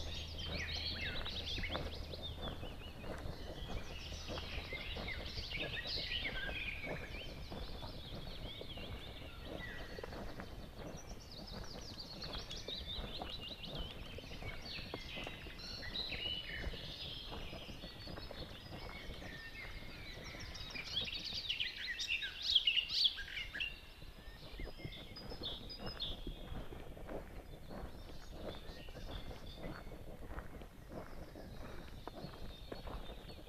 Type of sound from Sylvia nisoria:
song